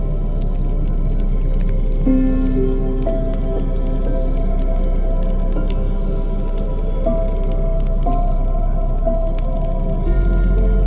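A fireplace crackles steadily with dense, scattered pops over a deep, constant rumble of wind. From about two seconds in, soft sustained piano notes enter in the middle register, changing every second or so, while the overall level stays even throughout.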